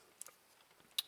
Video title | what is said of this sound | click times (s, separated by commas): Transformers WW-01B Wasp Warrior MPM03 aka Bumblebee Review | and it snaps into place | 1.0 s